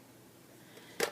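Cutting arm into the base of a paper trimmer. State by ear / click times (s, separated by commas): seated / 1.0 s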